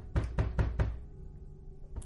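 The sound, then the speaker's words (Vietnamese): A father loudly and heavily bangs on his sleeping son's bedroom door: four quick, evenly spaced thuds, a short pause, then one more hard knock. “Hoàng còn đang say giấc nghe tiếng đập cửa rầm rầm bèn bật dậy.”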